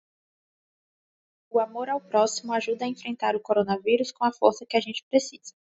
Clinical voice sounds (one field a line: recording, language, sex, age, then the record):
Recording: spoken sentence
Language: Brazilian Portuguese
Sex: female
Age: 20 to 29 years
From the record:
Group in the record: control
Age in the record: 26 years